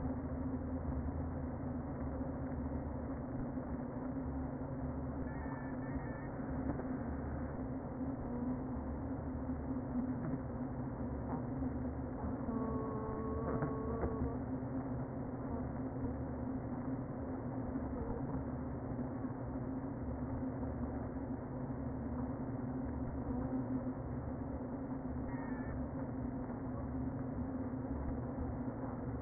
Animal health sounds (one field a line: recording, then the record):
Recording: honeybee colony, microphone inside the hive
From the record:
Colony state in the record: queen present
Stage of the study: before two queens were removed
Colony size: about 60,000 bees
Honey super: yes